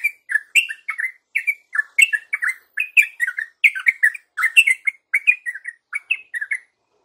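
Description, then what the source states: Yellow-vented Bulbul song: bubbly, slurred notes in short phrases, repeated steadily for about seven seconds with brief gaps between phrases. Masteran tutor song for training songbirds; tembakan-style song from a champion trucukan.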